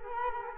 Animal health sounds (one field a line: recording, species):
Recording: mosquito wingbeat signal from an infrared sensor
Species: Culex quinquefasciatus